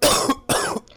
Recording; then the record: coughing mixed with background sound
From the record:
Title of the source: Coughing 79